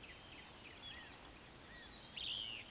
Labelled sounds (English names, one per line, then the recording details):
Eurasian Woodcock whistle
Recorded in Baden-Württemberg, Germany, on 26 May 2020 at 19:43 UTC
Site 45304, 487 m above sea level